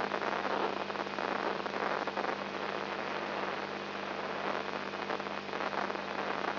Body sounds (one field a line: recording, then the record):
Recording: brain microelectrode recording played as sound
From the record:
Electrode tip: inside the subthalamic nucleus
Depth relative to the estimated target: -2 mm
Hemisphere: right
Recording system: AlphaMap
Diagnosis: Parkinson's disease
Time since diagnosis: 10 years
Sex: male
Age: 56 years